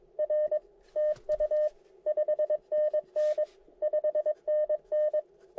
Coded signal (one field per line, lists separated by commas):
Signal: Morse code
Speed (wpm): 24 wpm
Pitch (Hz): 600 Hz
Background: none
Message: R TU 5NN 5NN